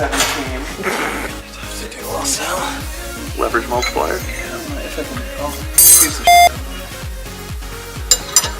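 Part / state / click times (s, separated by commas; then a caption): rusted nut or bolt on a car rear suspension arm / stripped / 8.1 s, 8.4 s. A wrench on a rusted steel nut or bolt head of a 350Z rear suspension arm slips instead of breaking it loose, with loud, sharp metallic hits at 8.1 s and 8.4 s. Someone talks over background music, and the nut or bolt ends up stripped rather than loosened.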